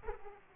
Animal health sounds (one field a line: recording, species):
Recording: mosquito wingbeat signal from an infrared sensor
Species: Aedes aegypti